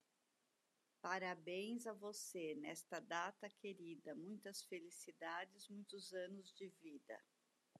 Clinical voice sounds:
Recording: short text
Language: Brazilian Portuguese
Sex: female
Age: 50 to 59 years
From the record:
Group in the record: control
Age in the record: 58 years

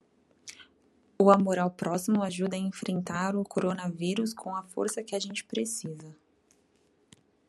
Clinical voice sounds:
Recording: spoken sentence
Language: Brazilian Portuguese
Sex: female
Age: 20 to 29 years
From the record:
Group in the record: control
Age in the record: 22 years

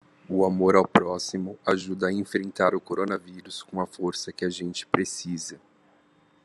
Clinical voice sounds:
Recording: spoken sentence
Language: Brazilian Portuguese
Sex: male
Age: 30 to 39 years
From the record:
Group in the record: control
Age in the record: 32 years

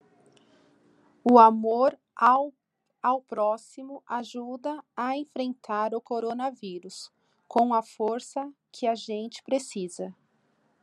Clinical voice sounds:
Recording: spoken sentence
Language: Brazilian Portuguese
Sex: female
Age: 40 to 49 years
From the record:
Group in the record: control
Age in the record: 42 years

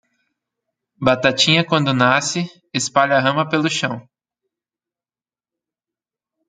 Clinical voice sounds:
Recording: short text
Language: Brazilian Portuguese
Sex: female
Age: 30 to 39 years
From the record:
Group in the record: control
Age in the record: 31 years

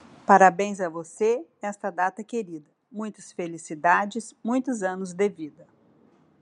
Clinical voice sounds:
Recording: short text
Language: Brazilian Portuguese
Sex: female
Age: 50 to 59 years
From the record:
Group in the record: control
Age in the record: 54 years

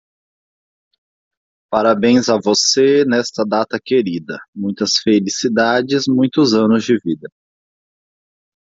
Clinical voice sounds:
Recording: short text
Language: Brazilian Portuguese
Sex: male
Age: 30 to 39 years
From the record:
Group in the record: control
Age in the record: 30 years

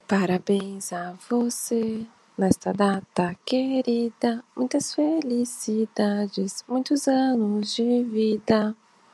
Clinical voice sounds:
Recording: short text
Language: Brazilian Portuguese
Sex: female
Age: 20 to 29 years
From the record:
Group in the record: control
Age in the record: 27 years

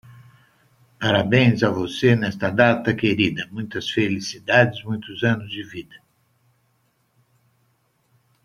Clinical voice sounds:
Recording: short text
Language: Brazilian Portuguese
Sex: male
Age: 70 to 79 years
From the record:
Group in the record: control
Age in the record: 70 years

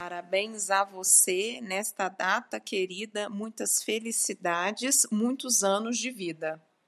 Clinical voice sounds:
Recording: short text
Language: Brazilian Portuguese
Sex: female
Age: 30 to 39 years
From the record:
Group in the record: control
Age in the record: 36 years

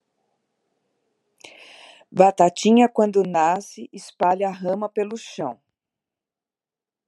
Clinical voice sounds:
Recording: short text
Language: Brazilian Portuguese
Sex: female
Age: 50 to 59 years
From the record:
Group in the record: control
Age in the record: 58 years

